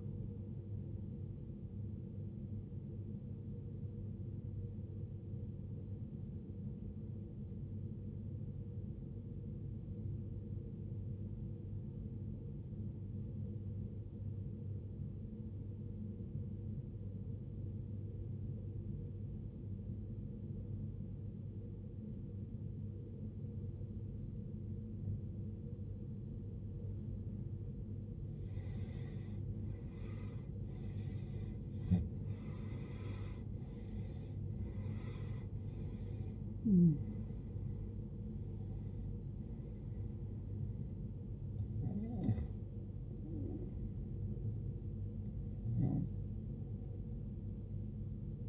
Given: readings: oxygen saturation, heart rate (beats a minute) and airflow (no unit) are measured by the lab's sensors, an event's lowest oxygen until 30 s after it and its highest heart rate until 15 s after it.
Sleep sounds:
breathing in sleep by a smartphone at the bedside; 1
5.00-27.70 s: obstructive apnea (N1, oxygen 93% highest, then 86% lowest, heart rate 66 at the start, 84 highest)
7.00-37.00 s: new sleep stage, N2 (light sleep)
37.00-48.49 s: new sleep stage, N1 (lightest sleep)
From the record:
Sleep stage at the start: N1 (lightest sleep); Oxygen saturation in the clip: 86 to 93%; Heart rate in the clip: 54 to 84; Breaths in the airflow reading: 7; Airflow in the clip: -19.8 to 19.9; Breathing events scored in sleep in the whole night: 389 in 6.3 hours asleep

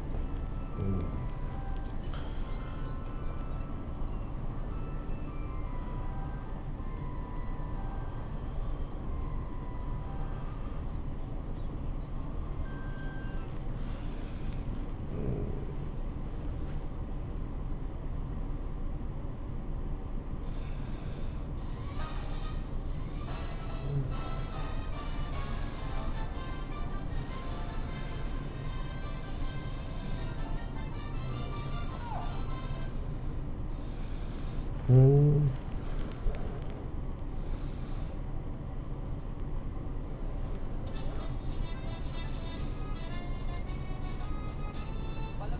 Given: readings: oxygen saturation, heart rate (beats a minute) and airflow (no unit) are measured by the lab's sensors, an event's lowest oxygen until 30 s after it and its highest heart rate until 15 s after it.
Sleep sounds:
a person awake in a sleep study, by a smartphone at the bedside; none
0.00-45.60 s: awake
From the record:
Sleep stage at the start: awake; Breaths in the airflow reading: 17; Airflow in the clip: -0.8 to 0.7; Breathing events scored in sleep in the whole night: 403 in 5.5 hours asleep

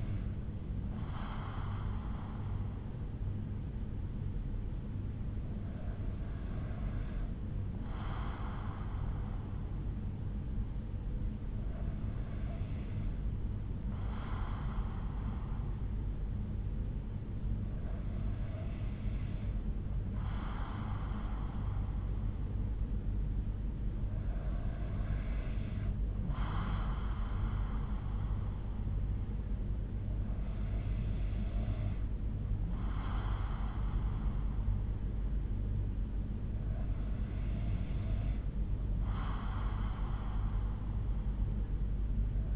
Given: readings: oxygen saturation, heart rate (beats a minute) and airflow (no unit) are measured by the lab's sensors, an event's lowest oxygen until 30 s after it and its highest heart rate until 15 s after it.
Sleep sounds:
breathing in sleep by a smartphone at the bedside; none
none scored
From the record:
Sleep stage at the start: N2 (light sleep); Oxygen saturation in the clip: 93 to 94%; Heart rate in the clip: 58 to 61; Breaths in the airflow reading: 7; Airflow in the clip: -4.5 to 3.5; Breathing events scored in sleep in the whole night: 368 in 8.0 hours asleep

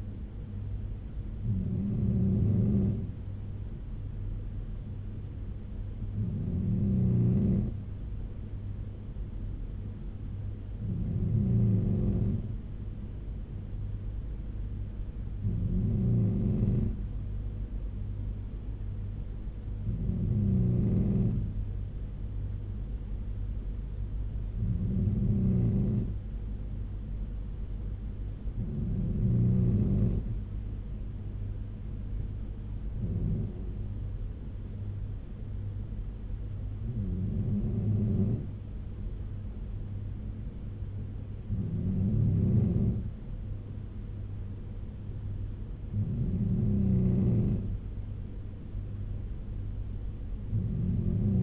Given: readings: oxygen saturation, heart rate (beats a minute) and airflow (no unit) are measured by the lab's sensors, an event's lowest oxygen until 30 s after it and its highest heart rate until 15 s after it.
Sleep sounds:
breathing in sleep by a smartphone at the bedside; none
3.00-51.43 s: new sleep stage, N2 (light sleep)
From the record:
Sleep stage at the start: N3 (deep sleep); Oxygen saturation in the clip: 94 to 95%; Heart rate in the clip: 69 to 81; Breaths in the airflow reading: 11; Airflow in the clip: -3.3 to 3.1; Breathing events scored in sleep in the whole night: 201 in 6.5 hours asleep

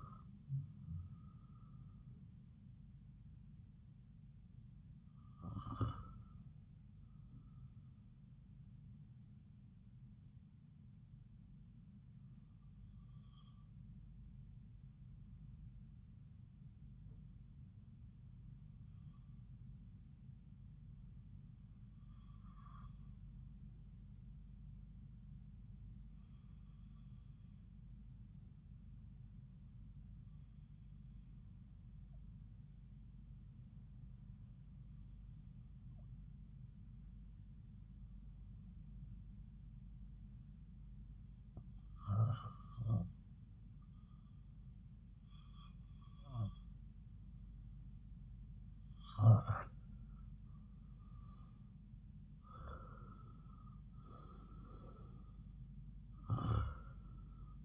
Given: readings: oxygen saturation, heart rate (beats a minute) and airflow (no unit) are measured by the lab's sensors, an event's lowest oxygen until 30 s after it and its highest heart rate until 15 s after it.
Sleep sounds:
breathing in sleep by a smartphone at the bedside; 1
17.00-48.40 s: hypopnea (REM, oxygen 96% highest, then 86% lowest)
From the record:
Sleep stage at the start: REM sleep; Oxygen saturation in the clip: 82 to 96%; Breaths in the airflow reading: 13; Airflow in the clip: -7.0 to 5.7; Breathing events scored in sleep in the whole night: 270 in 6.1 hours asleep

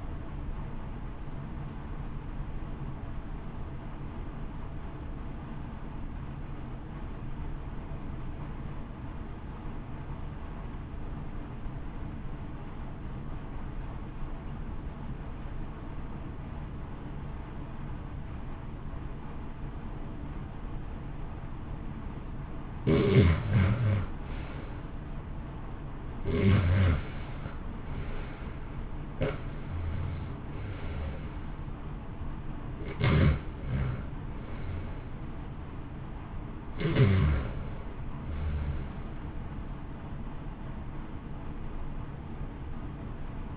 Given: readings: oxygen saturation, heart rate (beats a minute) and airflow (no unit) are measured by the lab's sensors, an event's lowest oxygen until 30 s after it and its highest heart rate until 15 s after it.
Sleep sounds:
breathing in sleep by a smartphone at the bedside; 1
3.00-23.30 s: obstructive apnea (REM, oxygen 93% highest, then 71% lowest, heart rate 58 at the start, 74 highest)
From the record:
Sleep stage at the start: REM sleep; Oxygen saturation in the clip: 80 to 93%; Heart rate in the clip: 56 to 74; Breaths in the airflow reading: 9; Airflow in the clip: -1.3 to 1.8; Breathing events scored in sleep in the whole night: 328 in 6.3 hours asleep

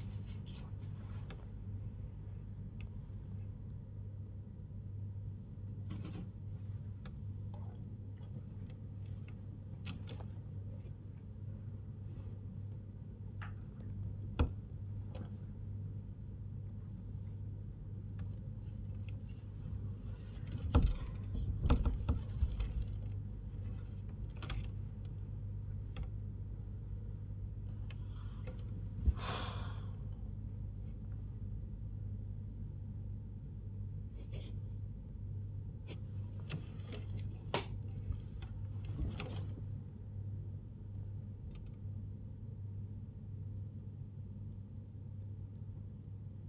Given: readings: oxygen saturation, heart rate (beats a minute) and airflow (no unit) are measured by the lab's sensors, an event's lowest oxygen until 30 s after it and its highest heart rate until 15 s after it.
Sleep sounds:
a person awake in a sleep study, by a smartphone at the bedside; none
none scored
From the record:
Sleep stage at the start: awake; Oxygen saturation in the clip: 98 to 99%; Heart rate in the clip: 97 to 112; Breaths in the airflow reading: 11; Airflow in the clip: -6.1 to 7.9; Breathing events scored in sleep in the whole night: 158 in 7.3 hours asleep

